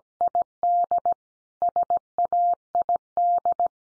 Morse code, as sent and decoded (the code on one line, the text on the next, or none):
.. -.. / ... .- .. -..
ID SAID